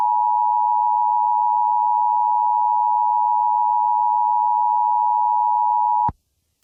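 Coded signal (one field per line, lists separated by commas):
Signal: Emergency Alert System (SAME) tones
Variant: 853 and 960 Hz attention tone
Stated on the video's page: Simulated EAS scenario.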